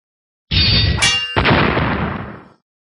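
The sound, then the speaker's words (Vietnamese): A loud metallic clang of a golden bell rings out, followed by a second heavy strike, with bright shimmering overtones that sustain and slowly fade over about two seconds. No voices are present. “Đạo kiếm cùng reo vang, chuông vàng chấn động mãnh liệt, cổ tháp chìm nổi.”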